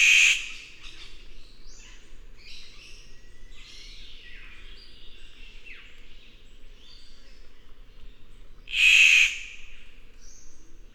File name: Ptiloris Victoriae